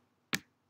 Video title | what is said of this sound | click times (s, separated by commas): Smok TFV4 Review | not close all the way but you see mine clicks into place it | 0.3 s